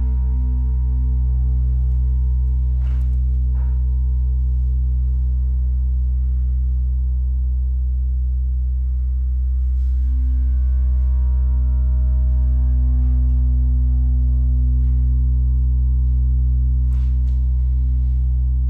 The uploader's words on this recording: Gong Bath. Gongs, bells, chimes and symbols. Steve Gong runs classes for groups in a church hall in Ainsdale Merseyside.